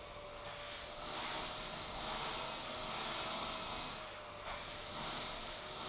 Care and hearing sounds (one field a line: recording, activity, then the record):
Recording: daily activity, microphone in the room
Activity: vacuum cleaning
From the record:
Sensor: 5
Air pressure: 1010.3 hPa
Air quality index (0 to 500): 120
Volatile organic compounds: 2 ppm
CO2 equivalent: 1180 ppm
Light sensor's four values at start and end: 484/1233/511/569 and 480/1224/507/564